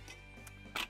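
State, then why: Not seated. An iPhone 7 in an Otterbox Defender rugged case is being put bottom first into its plastic belt-clip holster, with a steady low hum underneath a faint handling tap near 0.5 s and a louder, brief scraping rustle around 0.8 s. The phone has not snapped into the holster; nothing has seated or clicked yet.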